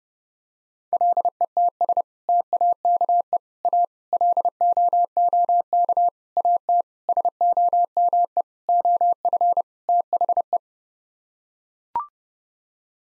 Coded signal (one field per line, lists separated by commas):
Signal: Morse code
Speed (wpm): 30 wpm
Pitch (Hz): 700 Hz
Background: none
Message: LETS TAKE A LOOK AT SOME OF THE